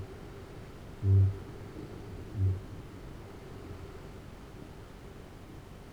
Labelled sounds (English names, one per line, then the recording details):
Kākāpō boom
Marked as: faintness 2/5
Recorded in New Zealand
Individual Arab